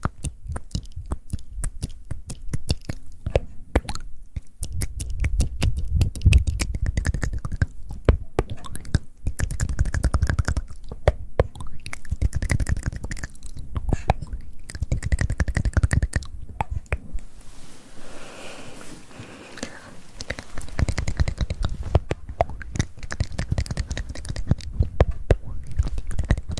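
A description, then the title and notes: Close mouth sounds: a dense run of wet clicks, smacks and tongue pops, fast and irregular, with soft breathy whispers mixed in. Around the 17–20 second mark the clicking thins to a quieter breathy stretch, then the busy smacking picks up again. ASMR Close Mouth Sounds.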